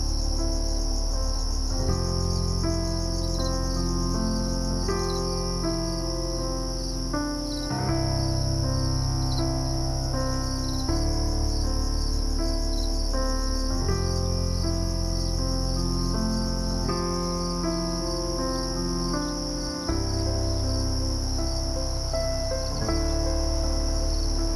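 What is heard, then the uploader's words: Night on a cabin porch: a steady, shrill chorus of crickets rings high over low sustained tones that shift every few seconds. You can hear everything as you sit on the cabin porch at night.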